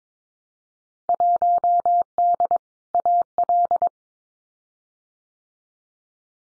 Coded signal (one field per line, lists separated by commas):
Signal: Morse code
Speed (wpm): 22 wpm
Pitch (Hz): 700 Hz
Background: none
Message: 1D AL